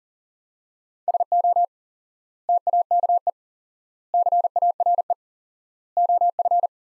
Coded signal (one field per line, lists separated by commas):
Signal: Morse code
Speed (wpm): 40 wpm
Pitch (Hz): 700 Hz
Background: none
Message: SO TAKE CARE OF